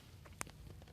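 A torque wrench set to 129 ft-lb tightens the ball joint nut on a lower control arm of a 1995 Mustang GT during rack and pinion and lower control arm replacement. A sharp, loud click at 0.4 s, set against faint low rumble and a few softer taps, confirms the nut is torqued to 129 foot-pounds.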